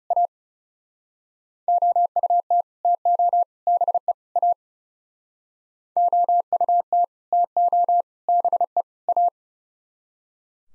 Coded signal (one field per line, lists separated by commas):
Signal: Morse code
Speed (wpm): 40 wpm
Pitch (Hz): 700 Hz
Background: none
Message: A OUT TO BE A OUT TO BE A